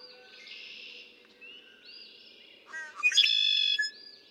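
Red-winged blackbird song: stuttered introductory notes rising into a loud, grating buzzy trill, with softer whistles from other birds before and after.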